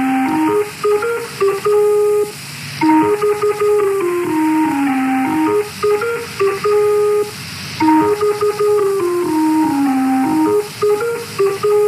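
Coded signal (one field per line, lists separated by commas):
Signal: numbers station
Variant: Lincolnshire Poacher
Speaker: poco estridente pues es como empieza la comunicación cuando sonaba el lincoln in concert koucher pues sonaba con esa melodía y luego ya empezaba la secuencia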